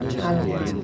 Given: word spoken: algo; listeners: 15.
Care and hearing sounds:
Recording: one Spanish word in noise, from a listening test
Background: eight-talker babble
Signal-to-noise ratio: 0.9 dB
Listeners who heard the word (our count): 4 of 15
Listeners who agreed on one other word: 8 of 15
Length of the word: 0.44 s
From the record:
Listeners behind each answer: 8, 4, 1, 1, 1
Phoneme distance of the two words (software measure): 20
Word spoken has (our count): 2 syllables, 4 phonemes, stress on syllable 1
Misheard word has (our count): 2 syllables, 4 phonemes, stress on syllable 1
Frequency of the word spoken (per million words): 563.71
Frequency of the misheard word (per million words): 87.55

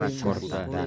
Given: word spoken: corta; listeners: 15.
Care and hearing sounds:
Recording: one Spanish word in noise, from a listening test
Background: four-talker babble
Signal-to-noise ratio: -2.2 dB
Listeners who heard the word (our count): 2 of 15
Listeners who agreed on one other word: 9 of 15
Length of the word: 0.47 s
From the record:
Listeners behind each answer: 9, 3, 2, 1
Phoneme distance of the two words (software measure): 7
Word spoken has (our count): 2 syllables, 5 phonemes, stress on syllable 1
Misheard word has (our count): 2 syllables, 6 phonemes, stress on syllable 2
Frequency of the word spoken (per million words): 38.87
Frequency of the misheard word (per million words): 23.39

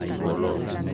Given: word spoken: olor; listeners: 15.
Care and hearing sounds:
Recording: one Spanish word in noise, from a listening test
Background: eight-talker babble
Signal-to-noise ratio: -1.9 dB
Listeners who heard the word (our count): 3 of 15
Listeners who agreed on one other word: 6 of 15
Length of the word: 0.54 s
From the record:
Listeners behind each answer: 6, 3, 2, 2, 1, 1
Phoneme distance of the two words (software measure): 7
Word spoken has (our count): 2 syllables, 4 phonemes, stress on syllable 2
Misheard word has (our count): 2 syllables, 5 phonemes, stress on syllable 2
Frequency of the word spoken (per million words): 43.37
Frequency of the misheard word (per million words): 141.42

